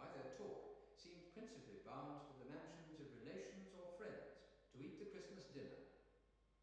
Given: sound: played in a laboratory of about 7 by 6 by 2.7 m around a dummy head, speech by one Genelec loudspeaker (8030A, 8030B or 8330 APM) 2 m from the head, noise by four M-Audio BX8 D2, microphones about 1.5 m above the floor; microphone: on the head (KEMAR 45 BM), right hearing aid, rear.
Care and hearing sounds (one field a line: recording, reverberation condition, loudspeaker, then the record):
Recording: male speech in English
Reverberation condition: high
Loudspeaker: in front (0 degrees)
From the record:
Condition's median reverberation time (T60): about 1300 ms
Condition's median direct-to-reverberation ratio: about -4.0 dB